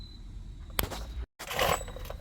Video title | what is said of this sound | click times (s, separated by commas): Front and Rear Shock Replacement 2018 Tahoe | so all I did was I just kind of pried up and it popped in | 0.8 s